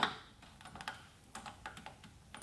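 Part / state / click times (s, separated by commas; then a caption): flush-mount fuel cap into motorcycle fuel tank filler neck / not seated / none. A new flush-mount fuel cap is handled and positioned on a Harley-Davidson motorcycle's fuel tank filler neck before being pushed in and turned to lock. Only small, light handling taps and clicks are heard, with the sharpest near 0.0 s and 0.9 s. Nothing has seated or locked yet.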